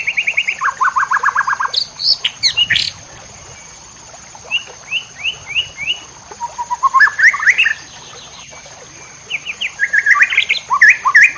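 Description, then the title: White-rumped shama song: varied bursts of whistled and chattering phrases, rapid repeated notes, rising slurred whistles and sharp high chips separated by short pauses, over a steady high hum. Masteran (song-tutoring) recording for training cage birds, titled Labaik. "MASTERAN MURAI BATU LABAIK"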